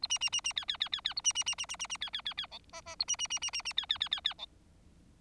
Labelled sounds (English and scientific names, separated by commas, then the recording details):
Bengalese Finch (Lonchura striata domestica) song
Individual Bird4